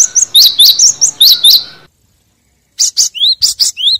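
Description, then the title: Lovebird chirps in fast, shrill series, a loud run of sharp squeaky notes, a pause of silence, then another burst of rising, piercing chirps. Lovebird call used as a lure for trapping birds. "PIKAT BURUNG LOVEBIRD"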